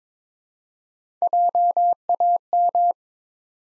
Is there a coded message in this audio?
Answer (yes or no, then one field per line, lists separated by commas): yes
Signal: Morse code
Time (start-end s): 1.2-2.9 s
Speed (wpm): 22 wpm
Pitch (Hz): 700 Hz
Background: none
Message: JAM